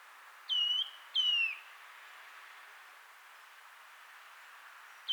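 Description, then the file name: Eurasian nuthatch giving clear, descending whistled calls, two notes less than a second apart near the start and a third beginning at the end, over a soft steady hiss. "Sitta europaea"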